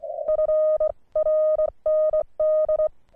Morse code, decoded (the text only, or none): FRND